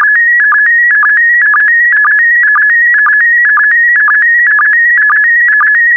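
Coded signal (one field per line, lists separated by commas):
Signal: SSTV (slow-scan television)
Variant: PD120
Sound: warbling tone stepping between two pitches, with short low blips about twice a second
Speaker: Five, four, three, two, one. Thank you. Transmission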